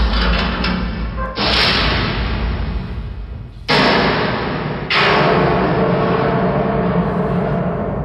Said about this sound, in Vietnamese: Âm thanh này chắc rằng cửa sắt bên ngoài kia đã bị hạ xuống rồi.